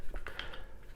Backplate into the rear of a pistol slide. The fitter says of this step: seats and you hear that click voila that's all to it